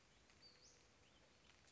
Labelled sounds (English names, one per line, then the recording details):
Western Flycatcher
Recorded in Sonoma County, California